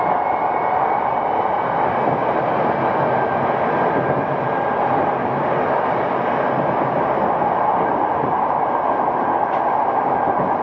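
Tokyo Metro 05 series wide-door train running between Nakano and Nishi-Funabashi, a steady dense rumble and rushing roar with no pauses. A faint whine sits above the noise throughout, and a brief sharp tick stands out near the ninth second.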